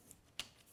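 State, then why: Seated. The drawer member of a metal ball-bearing drawer slide is pushed back into the cabinet member, where it catches the mechanism. A faint high tick comes at 0.1 s, then a sharp metallic snap at 0.4 s as the slide snaps into place and is seated.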